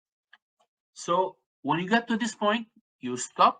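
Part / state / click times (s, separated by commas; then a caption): timing pin in a diesel engine injector rocker arm / released / 0.3 s. As the bolt on a Perkins 4000 Series diesel engine injector rocker arm is slowly tightened, the steel timing pin is freed and pops out with a short, faint click at 0.3 s. Someone then talks, and the pin is out.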